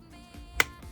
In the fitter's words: So pag nadinig niyo na yung click na ganyan ah naka-lock na yan ang